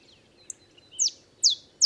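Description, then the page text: Olive sparrow song beginning: faint soft notes, then three loud downslurred chips spaced under half a second apart. Male olive sparrow singing in early morning in Texas, 50 miles north of the Mexican border; simple songs reminiscent of a field sparrow's bouncing-ball song. "Olive sparrow. Recording early morning just 50 miles north of the Mexican border in Texas"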